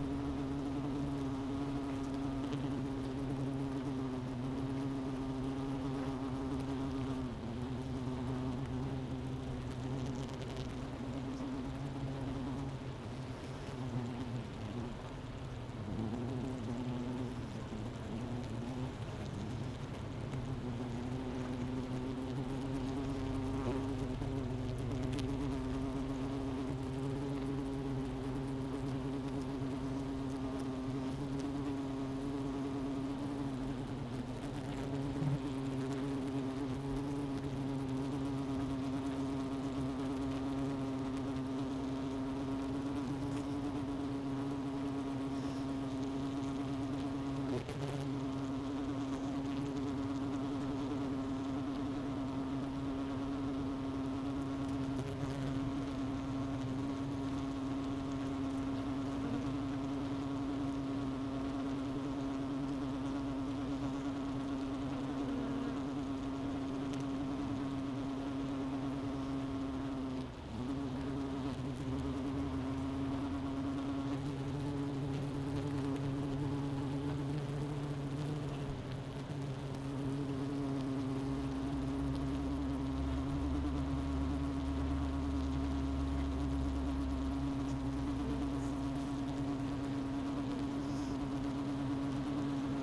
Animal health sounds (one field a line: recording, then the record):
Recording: honeybee colony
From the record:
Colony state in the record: missing queen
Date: 31 May 2018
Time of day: 11:12